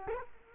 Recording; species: mosquito wingbeat signal from an infrared sensor; Culex quinquefasciatus